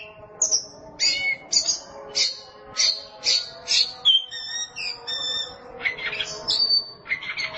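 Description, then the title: Oriental magpie-robin song of crisp, evenly spaced whistled notes, followed by a more jumbled, varied warble. Song (kicauan). "Suara Kicauan Burung Kacer Durasi Panjang"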